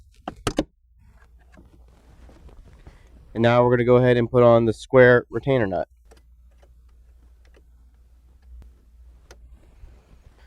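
A rubber shifter dust boot is pressed down over the shifter stick into its mount on a 2005-18 Jeep Wrangler TJ/JK 6-speed manual shifter (45195). Two sharp snaps at 0.3 s and 0.5 s mark the boot seating in place. Someone then talks briefly, followed by a few faint ticks in a quiet background.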